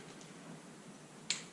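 A torque wrench tightens a triple clamp bolt on a Husqvarna TE 300i during a steering stem bearing job. After a faint tick near 0.2 s, the wrench gives one sharp, bright click at 1.3 s as it reaches its torque setting, confirming the bolt is torqued.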